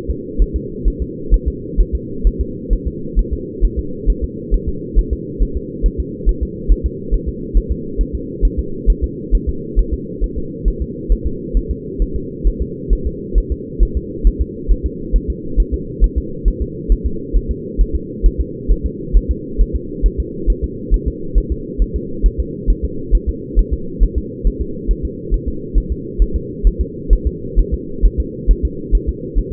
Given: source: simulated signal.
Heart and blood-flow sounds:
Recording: fetal heart sounds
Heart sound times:
0.10 s: S2
0.42 s: S1
0.56 s: S2
0.88 s: S1
1.02 s: S2
1.34 s: S1
1.48 s: S2
1.81 s: S1
1.95 s: S2
2.27 s: S1
2.41 s: S2
2.73 s: S1
2.88 s: S2
3.19 s: S1
3.33 s: S2
3.65 s: S1
3.79 s: S2
4.10 s: S1
4.24 s: S2
4.54 s: S1
4.69 s: S2
4.98 s: S1
5.13 s: S2
5.42 s: S1
5.57 s: S2
5.86 s: S1
6.00 s: S2
6.29 s: S1
6.43 s: S2
6.72 s: S1
6.86 s: S2
7.14 s: S1
7.29 s: S2
7.57 s: S1
7.72 s: S2
8.01 s: S1
8.15 s: S2
8.45 s: S1
8.59 s: S2
8.90 s: S1
9.04 s: S2
9.35 s: S1
9.49 s: S2
9.79 s: S1
9.94 s: S2
10.24 s: S1
10.38 s: S2
10.68 s: S1
10.82 s: S2
11.12 s: S1
11.26 s: S2
11.57 s: S1
11.71 s: S2
12.02 s: S1
12.16 s: S2
12.47 s: S1
12.62 s: S2
12.93 s: S1
13.07 s: S2
13.38 s: S1
13.52 s: S2
13.83 s: S1
13.97 s: S2
14.27 s: S1
14.41 s: S2
14.72 s: S1
14.86 s: S2
15.16 s: S1
15.30 s: S2
15.60 s: S1
15.74 s: S2
16.04 s: S1
16.18 s: S2
16.48 s: S1
16.62 s: S2
16.92 s: S1
17.06 s: S2
17.36 s: S1
17.51 s: S2
17.81 s: S1
17.95 s: S2
18.26 s: S1
18.41 s: S2
18.71 s: S1
18.86 s: S2
19.16 s: S1
19.31 s: S2
19.61 s: S1
19.76 s: S2
20.06 s: S1
20.20 s: S2
20.50 s: S1
20.64 s: S2
20.94 s: S1
21.08 s: S2
21.38 s: S1
21.52 s: S2
21.82 s: S1
21.96 s: S2
22.26 s: S1
22.40 s: S2
22.70 s: S1
22.84 s: S2
23.15 s: S1
23.29 s: S2
23.59 s: S1
23.73 s: S2
24.03 s: S1
24.18 s: S2
24.47 s: S1
24.61 s: S2
24.91 s: S1
25.05 s: S2
25.34 s: S1
25.48 s: S2
25.78 s: S1
25.92 s: S2
26.22 s: S1
26.36 s: S2
26.67 s: S1
26.81 s: S2
27.13 s: S1
27.27 s: S2
27.59 s: S1
27.74 s: S2
28.06 s: S1
28.20 s: S2
28.51 s: S1
28.65 s: S2
28.95 s: S1
29.09 s: S2
29.38 s: S1
29.53 s: S2
From the record:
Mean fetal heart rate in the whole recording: 135 bpm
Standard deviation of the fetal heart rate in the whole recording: 3 bpm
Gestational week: 36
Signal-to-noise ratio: -4.3 dB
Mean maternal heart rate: 72 bpm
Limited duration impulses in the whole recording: absent

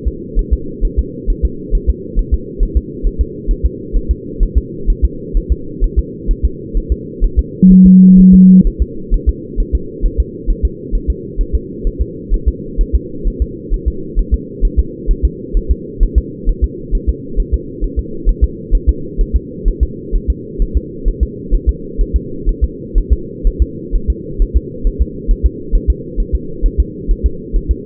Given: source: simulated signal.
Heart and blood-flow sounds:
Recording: fetal heart sounds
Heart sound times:
0.08 s: S2
0.39 s: S1
0.53 s: S2
0.85 s: S1
0.99 s: S2
1.30 s: S1
1.45 s: S2
1.75 s: S1
1.90 s: S2
2.19 s: S1
2.34 s: S2
2.63 s: S1
2.77 s: S2
3.07 s: S1
3.21 s: S2
3.51 s: S1
3.66 s: S2
3.97 s: S1
4.11 s: S2
4.43 s: S1
4.58 s: S2
4.90 s: S1
5.05 s: S2
5.37 s: S1
5.52 s: S2
5.84 s: S1
5.99 s: S2
6.31 s: S1
6.45 s: S2
6.77 s: S1
6.92 s: S2
7.24 s: S1
7.39 s: S2
7.72 s: S1
7.86 s: S2
8.20 s: S1
8.34 s: S2
8.67 s: S1
8.82 s: S2
9.14 s: S1
9.29 s: S2
9.60 s: S1
9.75 s: S2
10.06 s: S1
10.20 s: S2
10.50 s: S1
10.65 s: S2
10.95 s: S1
11.10 s: S2
11.41 s: S1
11.55 s: S2
11.87 s: S1
12.02 s: S2
12.34 s: S1
12.48 s: S2
12.81 s: S1
12.95 s: S2
13.28 s: S1
13.42 s: S2
13.74 s: S1
13.88 s: S2
14.19 s: S1
14.34 s: S2
14.65 s: S1
14.79 s: S2
15.11 s: S1
15.25 s: S2
15.57 s: S1
15.71 s: S2
16.03 s: S1
16.18 s: S2
16.49 s: S1
16.64 s: S2
16.95 s: S1
17.09 s: S2
17.40 s: S1
17.54 s: S2
17.84 s: S1
17.99 s: S2
18.29 s: S1
18.44 s: S2
18.75 s: S1
18.89 s: S2
19.21 s: S1
19.36 s: S2
19.68 s: S1
19.83 s: S2
20.15 s: S1
20.30 s: S2
20.62 s: S1
20.77 s: S2
21.08 s: S1
21.23 s: S2
21.54 s: S1
21.69 s: S2
22.01 s: S1
22.16 s: S2
22.49 s: S1
22.64 s: S2
22.98 s: S1
23.13 s: S2
23.47 s: S1
23.62 s: S2
23.96 s: S1
24.10 s: S2
24.42 s: S1
24.57 s: S2
24.87 s: S1
25.02 s: S2
25.31 s: S1
25.46 s: S2
25.75 s: S1
25.90 s: S2
26.20 s: S1
26.35 s: S2
26.66 s: S1
26.80 s: S2
27.11 s: S1
27.26 s: S2
27.56 s: S1
27.71 s: S2
From the record:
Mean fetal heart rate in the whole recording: 130 bpm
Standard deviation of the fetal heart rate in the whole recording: 4 bpm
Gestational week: 38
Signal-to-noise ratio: -4.3 dB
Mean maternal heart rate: 72 bpm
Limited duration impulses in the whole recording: present

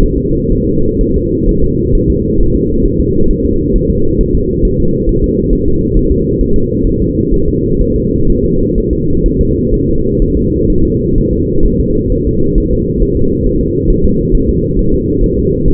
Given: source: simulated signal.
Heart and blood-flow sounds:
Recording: fetal heart sounds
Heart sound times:
0.03 s: S1
0.18 s: S2
0.52 s: S1
0.67 s: S2
1.01 s: S1
1.16 s: S2
1.49 s: S1
1.64 s: S2
1.95 s: S1
2.10 s: S2
2.40 s: S1
2.55 s: S2
2.85 s: S1
3.00 s: S2
3.31 s: S1
3.45 s: S2
3.76 s: S1
3.90 s: S2
4.21 s: S1
4.35 s: S2
4.65 s: S1
4.80 s: S2
5.09 s: S1
5.24 s: S2
5.53 s: S1
5.68 s: S2
5.97 s: S1
6.12 s: S2
6.41 s: S1
6.56 s: S2
6.87 s: S1
7.02 s: S2
7.34 s: S1
7.49 s: S2
7.81 s: S1
7.96 s: S2
8.30 s: S1
8.45 s: S2
8.78 s: S1
8.93 s: S2
9.26 s: S1
9.41 s: S2
9.74 s: S1
9.89 s: S2
10.22 s: S1
10.37 s: S2
10.70 s: S1
10.85 s: S2
11.18 s: S1
11.33 s: S2
11.66 s: S1
11.80 s: S2
12.12 s: S1
12.27 s: S2
12.58 s: S1
12.73 s: S2
13.02 s: S1
13.17 s: S2
13.46 s: S1
13.61 s: S2
13.90 s: S1
14.05 s: S2
14.35 s: S1
14.49 s: S2
14.79 s: S1
14.94 s: S2
15.24 s: S1
15.38 s: S2
15.68 s: S1
From the record:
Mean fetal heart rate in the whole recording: 130 bpm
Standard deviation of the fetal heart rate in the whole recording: 4 bpm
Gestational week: 38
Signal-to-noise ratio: -16.4 dB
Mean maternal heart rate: 72 bpm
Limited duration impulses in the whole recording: present

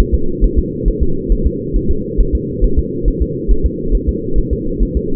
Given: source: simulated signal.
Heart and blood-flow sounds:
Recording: fetal heart sounds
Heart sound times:
0.00 s: S1
0.14 s: S2
0.44 s: S1
0.59 s: S2
0.88 s: S1
1.03 s: S2
1.32 s: S1
1.47 s: S2
1.76 s: S1
1.91 s: S2
2.20 s: S1
2.35 s: S2
2.64 s: S1
2.79 s: S2
3.08 s: S1
3.22 s: S2
3.51 s: S1
3.66 s: S2
3.95 s: S1
4.09 s: S2
4.38 s: S1
4.53 s: S2
4.83 s: S1
4.97 s: S2
From the record:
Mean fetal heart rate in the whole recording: 135 bpm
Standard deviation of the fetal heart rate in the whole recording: 3 bpm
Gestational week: 36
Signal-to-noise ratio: -8.1 dB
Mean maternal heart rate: 72 bpm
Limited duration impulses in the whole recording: absent

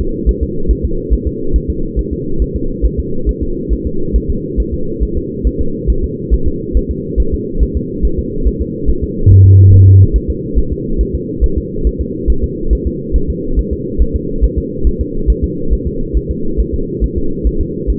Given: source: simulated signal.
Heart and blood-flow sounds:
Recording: fetal heart sounds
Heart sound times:
0.01 s: S2
0.29 s: S1
0.43 s: S2
0.71 s: S1
0.85 s: S2
1.13 s: S1
1.27 s: S2
1.56 s: S1
1.70 s: S2
1.99 s: S1
2.13 s: S2
2.42 s: S1
2.56 s: S2
2.86 s: S1
3.00 s: S2
3.29 s: S1
3.43 s: S2
3.73 s: S1
3.87 s: S2
4.16 s: S1
4.30 s: S2
4.60 s: S1
4.74 s: S2
5.03 s: S1
5.17 s: S2
5.47 s: S1
5.61 s: S2
5.90 s: S1
6.04 s: S2
6.34 s: S1
6.48 s: S2
6.77 s: S1
6.91 s: S2
7.20 s: S1
7.34 s: S2
7.63 s: S1
7.77 s: S2
8.05 s: S1
8.19 s: S2
8.47 s: S1
8.62 s: S2
8.90 s: S1
9.04 s: S2
9.32 s: S1
9.46 s: S2
9.74 s: S1
9.88 s: S2
10.16 s: S1
10.30 s: S2
10.59 s: S1
10.72 s: S2
11.01 s: S1
11.15 s: S2
11.44 s: S1
11.58 s: S2
11.87 s: S1
12.01 s: S2
12.30 s: S1
12.44 s: S2
12.73 s: S1
12.87 s: S2
13.16 s: S1
13.30 s: S2
13.59 s: S1
13.73 s: S2
14.02 s: S1
14.16 s: S2
14.44 s: S1
14.58 s: S2
14.87 s: S1
15.01 s: S2
15.30 s: S1
15.44 s: S2
15.73 s: S1
15.87 s: S2
16.17 s: S1
16.31 s: S2
16.60 s: S1
16.74 s: S2
17.04 s: S1
17.18 s: S2
17.47 s: S1
17.61 s: S2
17.90 s: S1
From the record:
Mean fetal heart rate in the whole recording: 140 bpm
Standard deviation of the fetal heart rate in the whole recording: 2 bpm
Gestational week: 34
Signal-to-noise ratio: -8.1 dB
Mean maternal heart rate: 72 bpm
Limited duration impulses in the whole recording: present

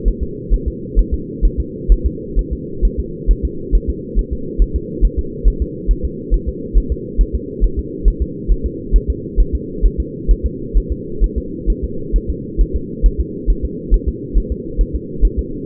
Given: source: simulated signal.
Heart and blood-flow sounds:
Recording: fetal heart sounds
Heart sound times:
0.08 s: S1
0.23 s: S2
0.54 s: S1
0.68 s: S2
0.99 s: S1
1.14 s: S2
1.45 s: S1
1.60 s: S2
1.92 s: S1
2.06 s: S2
2.39 s: S1
2.53 s: S2
2.85 s: S1
3.00 s: S2
3.31 s: S1
3.45 s: S2
3.75 s: S1
3.90 s: S2
4.19 s: S1
4.33 s: S2
4.62 s: S1
4.76 s: S2
5.05 s: S1
5.19 s: S2
5.48 s: S1
5.62 s: S2
5.91 s: S1
6.05 s: S2
6.34 s: S1
6.49 s: S2
6.78 s: S1
6.92 s: S2
7.21 s: S1
7.35 s: S2
7.64 s: S1
7.79 s: S2
8.08 s: S1
8.22 s: S2
8.52 s: S1
8.66 s: S2
8.96 s: S1
9.10 s: S2
9.40 s: S1
9.55 s: S2
9.86 s: S1
10.00 s: S2
10.31 s: S1
10.46 s: S2
10.77 s: S1
10.92 s: S2
11.24 s: S1
11.38 s: S2
11.70 s: S1
11.84 s: S2
12.16 s: S1
12.30 s: S2
12.61 s: S1
12.76 s: S2
13.06 s: S1
13.20 s: S2
13.50 s: S1
13.65 s: S2
13.94 s: S1
14.08 s: S2
14.38 s: S1
14.52 s: S2
14.81 s: S1
14.95 s: S2
15.25 s: S1
15.39 s: S2
From the record:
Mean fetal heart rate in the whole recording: 135 bpm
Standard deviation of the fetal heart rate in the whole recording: 3 bpm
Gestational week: 36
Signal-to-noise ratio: -4.3 dB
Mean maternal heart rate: 72 bpm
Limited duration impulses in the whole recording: absent

